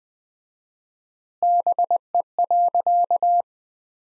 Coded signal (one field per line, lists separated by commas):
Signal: Morse code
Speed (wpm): 21 wpm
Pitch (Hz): 700 Hz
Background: none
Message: BE.